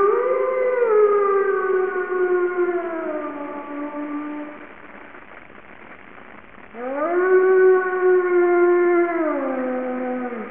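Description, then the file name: Wolf howling: two long, rich, harmonic howls. The first slides slowly downward over about five seconds. After a quiet pause, the second swoops up, holds steady, then drops away. "ookami"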